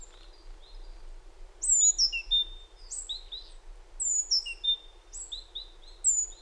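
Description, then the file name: Great tit calls: a run of loud, sharply falling high notes mixed with softer short chirps, fairly irregular in timing. "Parus major"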